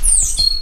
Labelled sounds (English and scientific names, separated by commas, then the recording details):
Stitchbird (Notiomystis cincta) song
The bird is a male
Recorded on Tiritiri Matangi Island, New Zealand, in 2005
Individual 22, of nest box 31